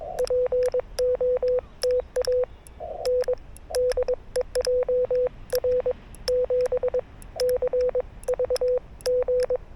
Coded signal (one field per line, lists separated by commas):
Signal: Morse code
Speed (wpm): 22 wpm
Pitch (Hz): 500 Hz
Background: none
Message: POTA N DE JR7CVG